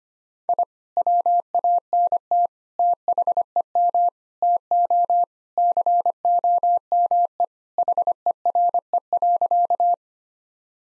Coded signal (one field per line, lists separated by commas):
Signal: Morse code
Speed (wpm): 25 wpm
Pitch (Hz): 700 Hz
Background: none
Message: I WANT THEM TO COME HERE.